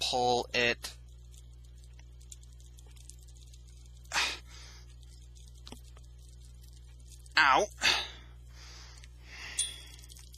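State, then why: Not seated. The plastic wrist section of a 1/100 MG Full Armor Unicorn model kit is pulled out of its forearm during transformation, and should be pulled until it clicks into its extended position. Someone talks in short bursts, with faint, sharp plastic handling ticks between the phrases. Nothing has seated or clicked yet.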